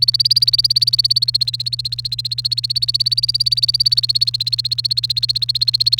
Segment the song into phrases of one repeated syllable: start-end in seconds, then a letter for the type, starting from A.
0.00-6.00 A